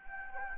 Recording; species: mosquito wingbeat signal from an infrared sensor; Anopheles gambiae